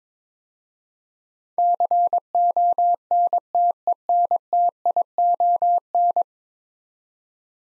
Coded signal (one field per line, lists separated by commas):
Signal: Morse code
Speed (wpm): 22 wpm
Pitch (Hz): 700 Hz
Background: none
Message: CONTENTION